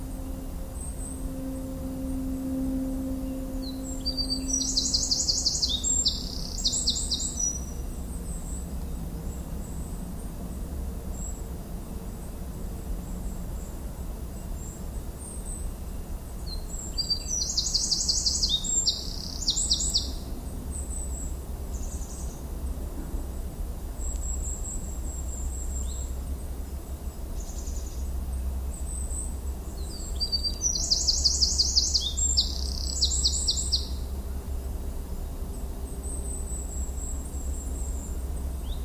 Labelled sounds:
Eurasian Wren (Troglodytes troglodytes)

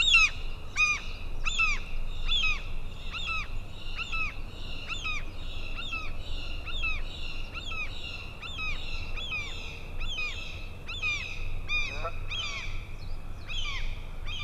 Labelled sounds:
Common Gull (Larus canus) call

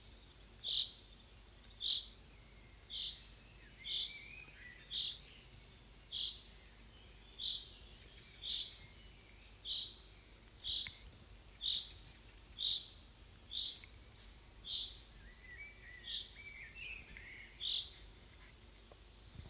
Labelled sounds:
Common Chaffinch (Fringilla coelebs) call

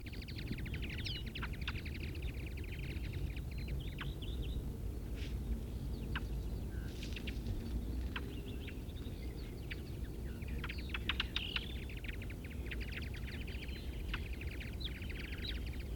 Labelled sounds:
Ring Ouzel (Turdus torquatus) call

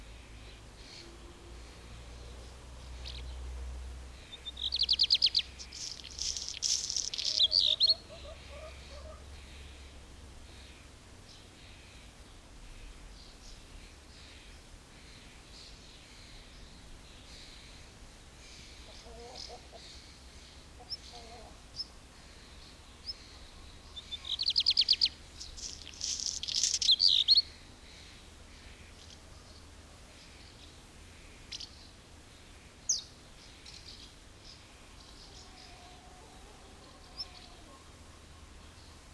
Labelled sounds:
Black Redstart (Phoenicurus ochruros) song

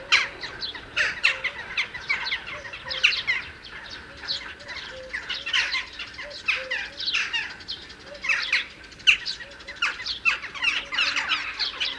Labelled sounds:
Western Jackdaw (Coloeus monedula) call

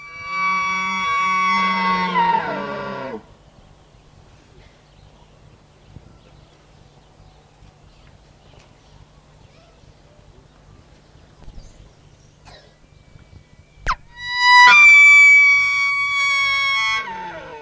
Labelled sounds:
Wapiti (Cervus canadensis) call

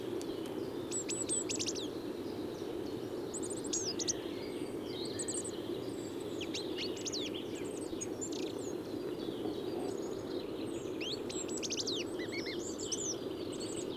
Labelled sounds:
Goldcrest (Regulus regulus) song

